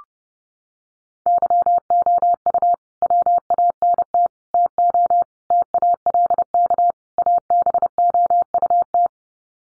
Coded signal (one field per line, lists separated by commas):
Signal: Morse code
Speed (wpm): 30 wpm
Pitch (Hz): 700 Hz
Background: none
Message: YOU WANT TO TALK ABOUT